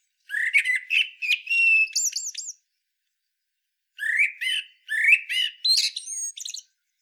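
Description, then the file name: Common blackbird, two long runs of quick chattering notes ending in high squeaky twitters, separated by about a second and a half of silence. "Turdus merula"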